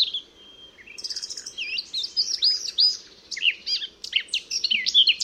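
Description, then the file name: Eurasian blackcap with a thin held note, then a lively warble of looping, slurred whistles and sharp chips. "Sylvia atricapilla"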